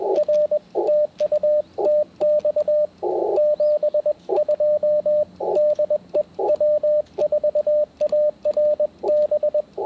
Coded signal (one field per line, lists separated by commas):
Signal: Morse code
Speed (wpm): 21 wpm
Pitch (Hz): 590 Hz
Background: radio noise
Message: R TU TX 72 DE W4ARB